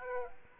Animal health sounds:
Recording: mosquito wingbeat signal from an infrared sensor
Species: Aedes aegypti

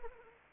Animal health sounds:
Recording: mosquito wingbeat signal from an infrared sensor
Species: Anopheles arabiensis

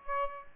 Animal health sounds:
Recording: mosquito wingbeat signal from an infrared sensor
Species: Aedes aegypti

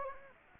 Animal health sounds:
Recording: mosquito wingbeat signal from an infrared sensor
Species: Anopheles gambiae

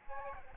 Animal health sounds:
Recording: mosquito wingbeat signal from an infrared sensor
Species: Aedes albopictus

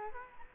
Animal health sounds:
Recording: mosquito wingbeat signal from an infrared sensor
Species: Culex quinquefasciatus

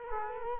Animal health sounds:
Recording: mosquito wingbeat signal from an infrared sensor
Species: Culex quinquefasciatus

